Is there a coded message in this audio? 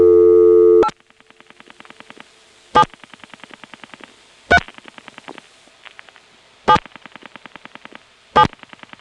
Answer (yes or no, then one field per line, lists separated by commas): yes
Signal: DTMF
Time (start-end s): 0.8-8.4 s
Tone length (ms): 80 ms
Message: 8 7 3 7 7